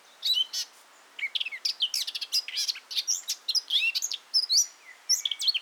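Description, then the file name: Eurasian blackcap song: hurried, varied warbling with bright whistled notes and scratchy twitters, flowing in a nearly unbroken stream for over five seconds. "Sylvia atricapilla"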